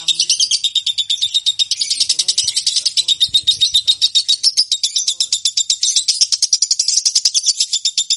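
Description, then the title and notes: Lovebird chirping song: a long, fast run of high, buzzy chattering notes with shrill tones woven through and no pause across the whole stretch. Champion lovebird chirping. "Love Brid Juara. Kicau Lovebird"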